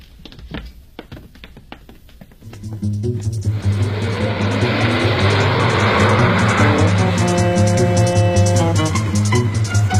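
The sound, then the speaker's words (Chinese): A few sharp knocks and clatters, then a car engine starts and settles into a loud, steady rumble with rising road noise as the car drives off, taking detained people away. “老黄把803和吴兴龙他们一起押上汽车带了回去。”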